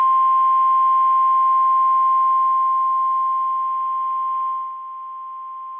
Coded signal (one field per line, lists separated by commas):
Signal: Emergency Alert System (SAME) tones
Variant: 1050 Hz attention tone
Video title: Required Weekly Test on WXJ97 (EAS #1188)